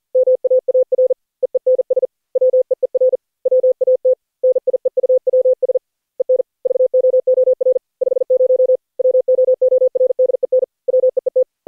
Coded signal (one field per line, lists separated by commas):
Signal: Morse code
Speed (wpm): 40 wpm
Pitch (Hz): 510 Hz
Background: none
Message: MAAR EENS WEER WAT NIEUWS EN VOOR 50 WOORDEN WEET